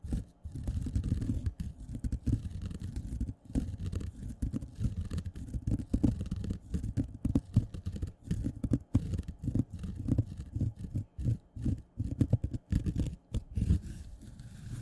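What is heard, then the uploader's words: A sponge scratches and rubs in quick, uneven strokes, a dense low scrubbing that rarely pauses for more than a moment. Sharper scratchy bursts cut through repeatedly, and a faint steady hum sits underneath throughout. ASMR Sponge Scratching & Rubbing (NO TALKING).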